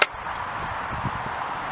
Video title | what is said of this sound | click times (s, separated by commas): 36 Fibre Cable Port Kit Installation | and push and twist into you hear a click | 0.0 s